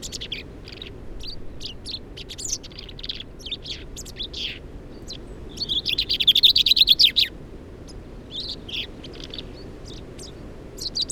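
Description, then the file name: Common chaffinch song: scattered high chirps, with one loud, rapid trill in the middle. "Fringilla coelebs"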